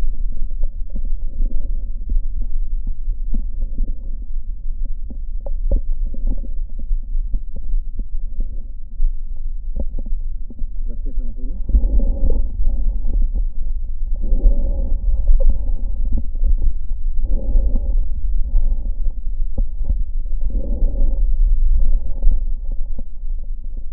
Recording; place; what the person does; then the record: lung sounds by stethoscope; right posterior basal chest; quiet breathing, then deep breathing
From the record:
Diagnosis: COPD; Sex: female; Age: 68 years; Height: 150 cm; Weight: 70 kg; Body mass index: 31.1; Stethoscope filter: diaphragm mode